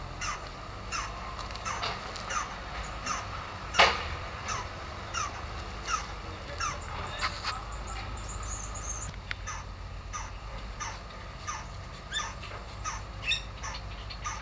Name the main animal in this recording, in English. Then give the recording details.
Red-and-yellow Barbet. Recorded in captivity. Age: adult. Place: Zoo Berlin, Berlin, DE. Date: 1997-08-19 10:33. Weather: fair, 26-28°C. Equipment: Marantz CP 130, Mikro CE, Kopie Uher 4000 Report Monitor. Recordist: Tembrock, Günter